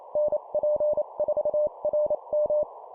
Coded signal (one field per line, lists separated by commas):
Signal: Morse code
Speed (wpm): 28 wpm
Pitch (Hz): 600 Hz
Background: none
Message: NP4RM